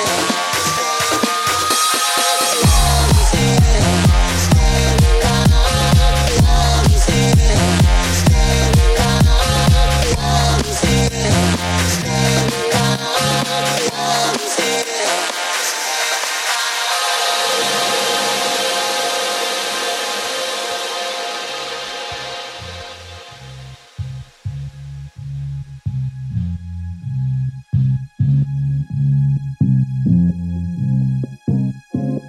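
Pounding dance music of the kind heard at bumper cars, with a steady beat, a rising wash midway, then sparser thumping beats.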